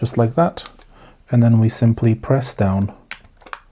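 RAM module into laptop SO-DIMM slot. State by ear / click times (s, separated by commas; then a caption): seated / 3.1 s, 3.5 s. Someone talks as a SO-DIMM RAM stick, already angled into the memory slot of a ThinkPad T480 laptop, is pressed down until the side retention clips snap over it. Sharp clicks are heard at 3.1 s and 3.5 s, and the module is seated snugly.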